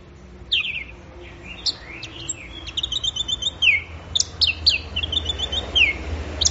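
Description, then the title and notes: Orange-headed thrush song of rapid descending whistles and chirps, rather busy and varied, against a faint hiss. Bird in full, energetic song (gacor). "Anis Merah Gacor Teler. Kumpulan Suara Burung Anis"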